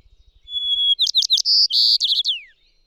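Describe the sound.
Bird song opening with a long, thin whistle, then quick chirps, buzzy trills and a final descending slur, after faint low pulsing at the start.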